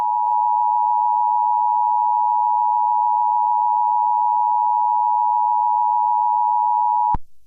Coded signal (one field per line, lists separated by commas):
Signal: Emergency Alert System (SAME) tones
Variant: 853 and 960 Hz attention tone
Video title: EAS Scenario #35: EF6